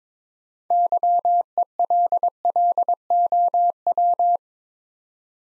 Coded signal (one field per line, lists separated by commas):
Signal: Morse code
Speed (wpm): 22 wpm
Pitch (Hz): 700 Hz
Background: none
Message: YELLOW